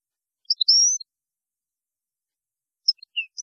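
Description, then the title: European goldfinch song: a few high chirps and a drawn-out thin rising note, then after a pause a handful of scattered tinkling notes. "Chant Chardonneret"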